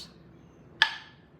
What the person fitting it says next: oh you heard it pop